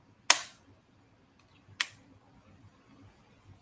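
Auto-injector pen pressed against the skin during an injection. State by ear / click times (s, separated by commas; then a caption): seated / 0.3 s, 1.8 s. A Mounjaro auto-injector pen, out of the refrigerator for at least 30 minutes, is pressed against the stomach and held while its purple button is pushed. A sharp click at 0.3 s marks the start of the injection, and a second, slightly quieter click at 1.8 s marks the end of the dose. Both clicks are heard, confirming the full dose was delivered.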